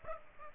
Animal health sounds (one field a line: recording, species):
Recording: mosquito wingbeat signal from an infrared sensor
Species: Aedes aegypti